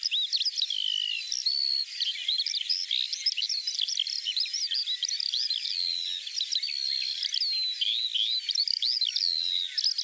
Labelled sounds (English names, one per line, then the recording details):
Common Quail song
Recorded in the wild
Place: Merdingen am Kaiserstuhl, Baden-Württemberg, DE
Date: 1980-05-18
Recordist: Schwarz, Dieter